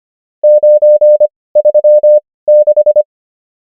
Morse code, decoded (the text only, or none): 936